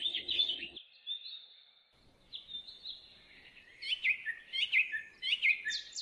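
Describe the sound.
Bird song with a brief low rumble at the start, then a thin drawn-out note and a series of sharp chirps.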